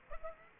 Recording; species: mosquito wingbeat signal from an infrared sensor; Aedes aegypti